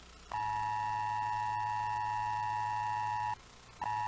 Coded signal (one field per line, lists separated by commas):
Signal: Emergency Alert System (SAME) tones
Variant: 853 and 960 Hz attention tone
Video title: EAS: Pennsylvania Required Monthly Tests (2/27/20)(EAS #263-265)